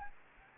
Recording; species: mosquito wingbeat signal from an infrared sensor; Anopheles gambiae